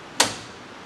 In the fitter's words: you just turn loose of it and then turn it until it clicks in place that's